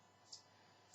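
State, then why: Not seated. A plastic radar dish is pushed into its socket on a Transformers toy robot figure, with two brief, faint high-pitched scrapes at about 0.3 s and 0.9 s over a steady background hiss. The dish does not snap in, and nothing has seated or clicked yet; some of the plastic needs filing for it to fit.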